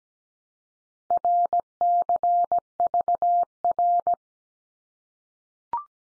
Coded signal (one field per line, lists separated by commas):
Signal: Morse code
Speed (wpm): 17 wpm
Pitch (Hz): 700 Hz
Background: none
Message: RCVR